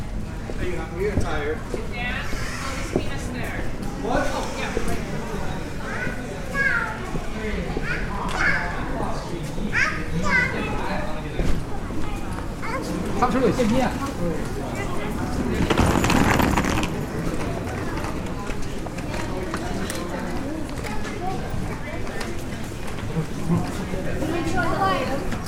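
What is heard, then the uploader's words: A walk through the old city streets, dense with overlapping voices of passersby, including children playing. The crowd murmur stays steady throughout, with footsteps and small clatters scattered through it and a brief louder rush of sound around the sixteen-second mark. Medieval City Walk | City of York | Relaxing Binaural Field Recording.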